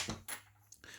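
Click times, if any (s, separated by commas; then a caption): 0.7 s. A bearing is pressed into the bore of a metal gear's housing by squeezing it with large pliers, with a few metallic clinks early on followed by a quieter stretch. A sharp click is heard at 0.7 s, followed by another brief tap about 0.8 s, and the bearing is seated and secured in the gear.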